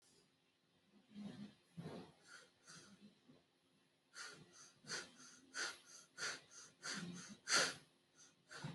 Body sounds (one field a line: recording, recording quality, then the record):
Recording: shallow breathing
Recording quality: excellent, no background noise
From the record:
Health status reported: exposed to COVID-19, no respiratory illness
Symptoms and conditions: cold, muscle pain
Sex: female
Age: 21 years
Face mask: not worn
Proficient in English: yes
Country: India